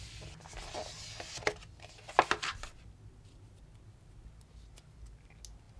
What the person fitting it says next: there we go clicked into place and we should be good